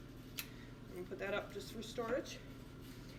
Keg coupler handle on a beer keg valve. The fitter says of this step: pull this lever up drop it down and lock it in and it's gonna walk in here and it's not gonna move